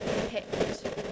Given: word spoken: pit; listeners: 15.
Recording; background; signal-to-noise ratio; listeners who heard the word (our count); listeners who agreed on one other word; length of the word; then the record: one English word in noise, from a listening test; noise modulated by three-talker babble; -7.9 dB; 4 of 15; 8 of 15; 0.72 s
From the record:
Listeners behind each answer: 8, 4, 2, 1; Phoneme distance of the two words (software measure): 7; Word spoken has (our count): 1 syllable, 3 phonemes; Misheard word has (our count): 1 syllable, 4 phonemes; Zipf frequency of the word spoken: 4.20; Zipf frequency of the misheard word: 4.82